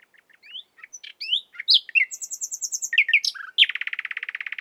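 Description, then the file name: Common nightingale song of varied whistles and chirps, then a rapid, rattling trill of repeated notes at the end. "Luscinia megarhynchos"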